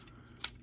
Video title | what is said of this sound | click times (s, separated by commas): REVIEWING STAR WARS MICRO GALAXY SQUADRON REPUBLIC GUNSHIP (CORUSCANT GUARD GUNSHIP)! | there we go it's on and then what you're going to do is just shut it like that snaps into place | 0.4 s